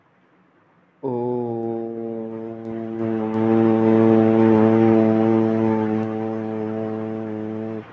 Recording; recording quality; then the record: sustained vowel as in boot; moderate, slight background noise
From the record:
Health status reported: COVID-19 positive, mild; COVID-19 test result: positive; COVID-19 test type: RT-PCR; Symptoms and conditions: cold, loss of smell and taste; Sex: male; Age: 21 years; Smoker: no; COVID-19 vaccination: both doses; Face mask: not worn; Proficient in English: yes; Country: India